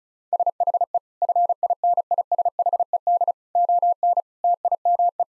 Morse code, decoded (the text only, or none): SHE FINISHED ON TIME